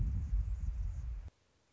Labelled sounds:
Anna's Hummingbird
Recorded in Sonoma County, California

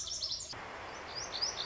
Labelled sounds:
Lazuli Bunting
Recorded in Sonoma County, California

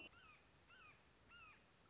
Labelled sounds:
Red-shouldered Hawk
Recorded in Sonoma County, California

